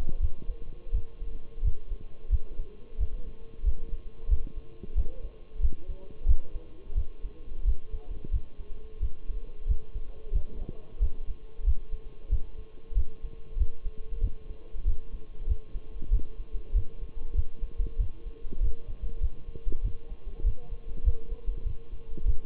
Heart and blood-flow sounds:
heart sounds by stethoscope; between the tricuspid and mitral areas; 93 bpm
0.21 s: heartbeat
0.94 s: heartbeat
1.64 s: heartbeat
2.31 s: heartbeat
2.99 s: heartbeat
3.65 s: heartbeat
4.30 s: heartbeat
4.96 s: heartbeat
5.62 s: heartbeat
6.28 s: heartbeat
6.96 s: heartbeat
7.66 s: heartbeat
8.33 s: heartbeat
9.02 s: heartbeat
9.68 s: heartbeat
10.34 s: heartbeat
11.01 s: heartbeat
11.66 s: heartbeat
12.31 s: heartbeat
12.96 s: heartbeat
13.59 s: heartbeat
14.23 s: heartbeat
14.87 s: heartbeat
15.49 s: heartbeat
16.12 s: heartbeat
16.75 s: heartbeat
17.36 s: heartbeat
17.99 s: heartbeat
18.62 s: heartbeat
19.22 s: heartbeat
19.84 s: heartbeat
20.45 s: heartbeat
21.05 s: heartbeat
21.66 s: heartbeat
22.27 s: heartbeat
From the record:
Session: Bruce protocol treadmill stress test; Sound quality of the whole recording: partially saturated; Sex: male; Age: 23 years

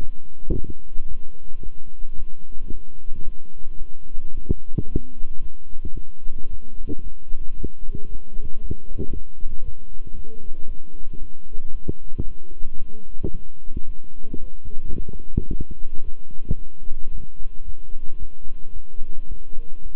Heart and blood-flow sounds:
heart sounds by stethoscope; between the tricuspid and mitral areas; 112 bpm
0.53 s: heartbeat
1.07 s: heartbeat
1.61 s: heartbeat
2.15 s: heartbeat
2.70 s: heartbeat
3.23 s: heartbeat
3.78 s: heartbeat
4.32 s: heartbeat
4.86 s: heartbeat
5.40 s: heartbeat
5.94 s: heartbeat
6.49 s: heartbeat
7.02 s: heartbeat
7.55 s: heartbeat
8.08 s: heartbeat
8.60 s: heartbeat
9.12 s: heartbeat
9.63 s: heartbeat
10.14 s: heartbeat
10.66 s: heartbeat
11.18 s: heartbeat
11.70 s: heartbeat
12.23 s: heartbeat
12.77 s: heartbeat
13.31 s: heartbeat
13.85 s: heartbeat
14.39 s: heartbeat
14.94 s: heartbeat
15.49 s: heartbeat
16.03 s: heartbeat
16.57 s: heartbeat
17.10 s: heartbeat
17.64 s: heartbeat
18.18 s: heartbeat
18.72 s: heartbeat
19.27 s: heartbeat
19.82 s: heartbeat
From the record:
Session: walking at 3.7 km/h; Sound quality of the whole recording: good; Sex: male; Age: 26 years

